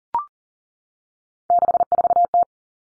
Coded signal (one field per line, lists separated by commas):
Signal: Morse code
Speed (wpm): 40 wpm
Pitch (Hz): 700 Hz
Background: none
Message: 64T